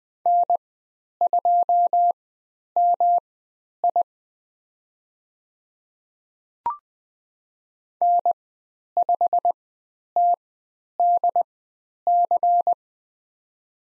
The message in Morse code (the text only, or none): N2MI N5TDC